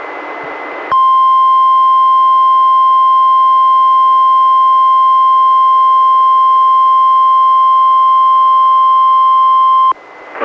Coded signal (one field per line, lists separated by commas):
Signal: Emergency Alert System (SAME) tones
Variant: 1050 Hz attention tone